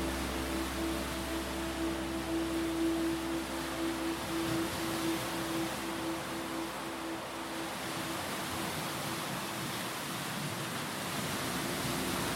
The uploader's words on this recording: The cresting waves continue to batter the rocky shore of Lake Superior in Spirited Waves II. All of season two was recorded near its rocky shores.